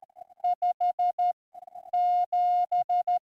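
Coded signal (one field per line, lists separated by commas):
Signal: Morse code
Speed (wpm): 14 wpm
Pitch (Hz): 710 Hz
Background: music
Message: 57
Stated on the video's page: Straight key sprint CW contest, sent with straight keys, from a park activation.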